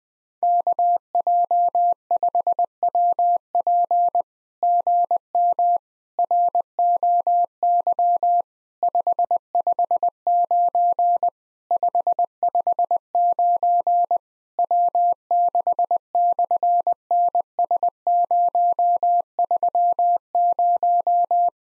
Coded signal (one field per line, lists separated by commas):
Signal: Morse code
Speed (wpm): 19 wpm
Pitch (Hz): 700 Hz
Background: none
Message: KJ5WP GM ROY 559 559 W6/NS030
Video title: SOTA QSO Practice 20wpm